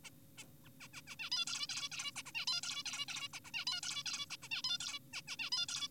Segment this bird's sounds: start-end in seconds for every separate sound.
0.04-0.10, 0.38-0.45, 0.65-0.69, 0.81-0.88, 0.94-1.02, 1.08-1.16, 1.20-1.30, 1.32-1.45, 1.47-1.67, 1.69-1.89, 1.92-2.11, 2.16-2.23, 2.26-2.32, 2.35-2.46, 2.48-2.61, 2.63-2.83, 2.86-3.06, 3.08-3.28, 3.34-3.40, 3.45-3.50, 3.54-3.65, 3.67-3.81, 3.83-4.03, 4.06-4.26, 4.30-4.37, 4.42-4.48, 4.51-4.62, 4.64-4.78, 4.80-4.99, 5.13-5.22, 5.28-5.36, 5.39-5.50, 5.52-5.66, 5.69-5.88